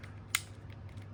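A detachable game controller, magnetically attached to the side rail of a handheld console, is released by pressing its side release button. A single sharp, bright click sounds at 0.3 s over a steady low hum and a few faint ticks, and the controller comes free of the console.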